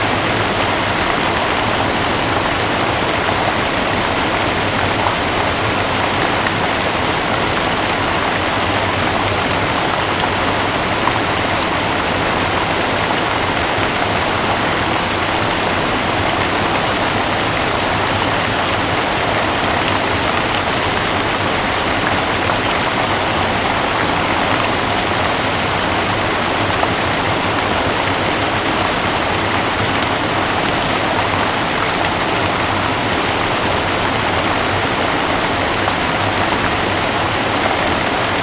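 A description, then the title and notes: Water from a large fountain with many jets pours and splashes in a constant, dense roar. The rushing sound is full and bright, reaching from a low rumble up to a hissing spray, and stays perfectly steady throughout with no distinct events. The monument of Alexander the Great in Skopje is a colossal 24 meter tall statue with a large fountain and dozens of water jets. The very, very long song of the waters of the fountain. Recorded by Manu Hollard.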